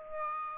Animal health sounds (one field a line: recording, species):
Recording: mosquito wingbeat signal from an infrared sensor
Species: Aedes aegypti